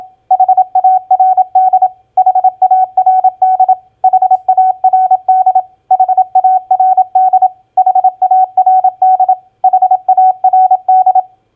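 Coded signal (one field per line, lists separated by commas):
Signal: Morse code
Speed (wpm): 27 wpm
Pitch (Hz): 750 Hz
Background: none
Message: HARD HARD HARD HARD HARD HARD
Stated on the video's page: Morse practice drill of common four-letter word recognition, played at 27 wpm.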